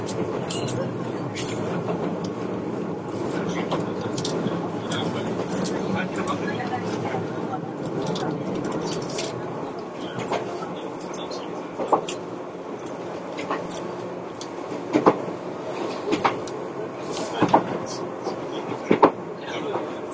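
A ride aboard the Izukyu 2100 series Kinme train between Atami and Ito, with a steady, dense low rumble and hum running throughout. Light ticks and rattles are scattered across the clip, with sharper clacks around 12, 15, 16, 17.5 and 19 seconds.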